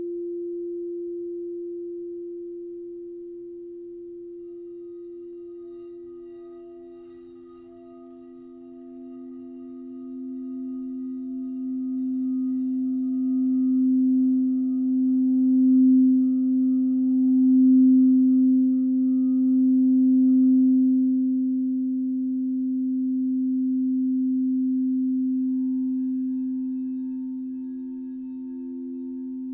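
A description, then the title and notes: Crystal bowls ring in long, steady low tones, one swelling louder through the middle before easing, with faint higher overtones shimmering above. In this meditation, I play through the 3 crystal bowls that speak to your muladhara (root), manipura (solar plexus) and anahata (heart) chakras.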